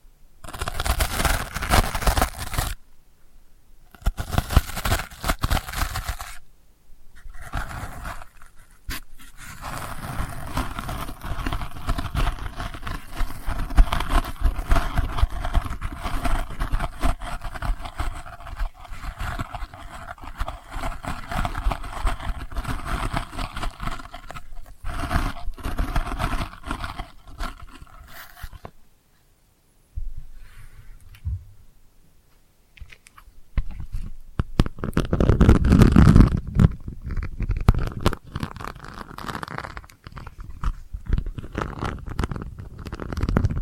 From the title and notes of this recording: ASMR Delicate Scratching for Sleep (No Talking).